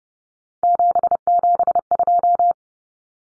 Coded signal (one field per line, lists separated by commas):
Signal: Morse code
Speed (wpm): 30 wpm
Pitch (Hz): 700 Hz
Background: none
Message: 772